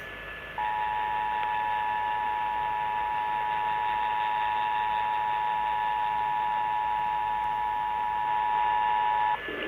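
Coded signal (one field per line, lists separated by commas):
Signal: Emergency Alert System (SAME) tones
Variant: 853 and 960 Hz attention tone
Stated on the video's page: EAS test aired on WCBS 880 AM radio, New York City.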